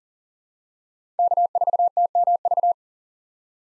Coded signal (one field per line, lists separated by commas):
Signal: Morse code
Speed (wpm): 40 wpm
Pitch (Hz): 700 Hz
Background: none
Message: K4TMV